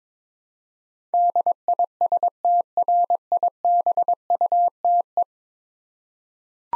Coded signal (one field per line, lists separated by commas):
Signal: Morse code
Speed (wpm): 22 wpm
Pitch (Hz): 700 Hz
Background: none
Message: DISTRIBUTE